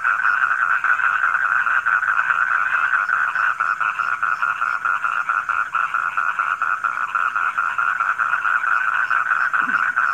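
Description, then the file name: Frogs croaking together in a thick, rhythmic, pulsing chorus that never pauses, with brief faint higher notes in the background. Frogs recorded at night. "suara kodok di malam hari"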